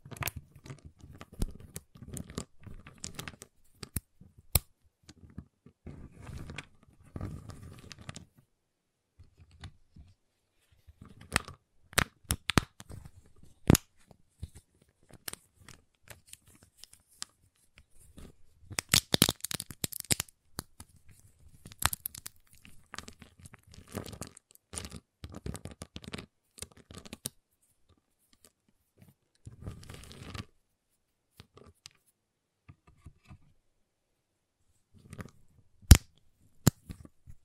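A giant chocolate bar is tapped, cut and snapped in irregular bursts of sharp clicks, crackles and tearing wrapper sounds. Quiet gaps separate the clusters, with a denser crinkling stretch around 19–22 seconds and a few loud, crisp snaps near 12 and 36 seconds.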